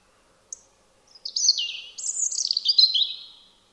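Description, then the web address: European robin song, a lone high tick, then two tinkling, warbled phrases that slide from high whistles into lower rapid trills. "Deverinetal 2025 File origin Bird Only Er Ru"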